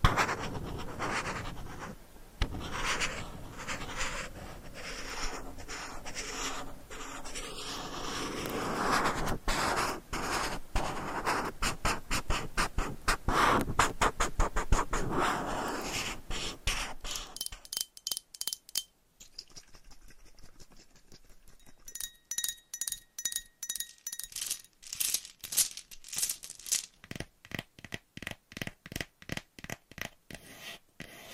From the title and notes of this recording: Scratching , Tapping , Massage & More No Talking.